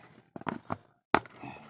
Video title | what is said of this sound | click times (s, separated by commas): PANGALAWANG ARAW SA PAG HANAP BUHAY SA MAASIN CITY @entingbutingting | Ayan naka-lock na siya | 1.2 s